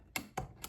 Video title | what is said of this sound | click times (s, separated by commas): AR15 Instructional Series PT5: Pivot/Takedown Pins and Buffer System | while you push the pin in just like so. And you heard that click. | 0.2 s